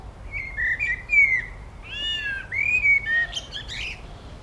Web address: Tom Hutchings Birdsong In A Village Garden